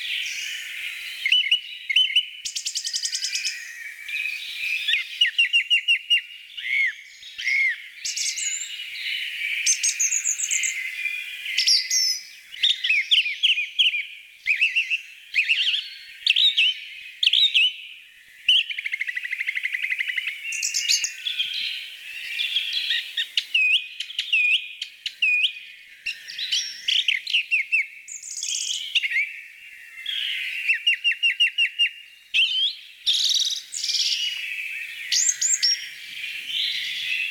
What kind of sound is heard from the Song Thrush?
song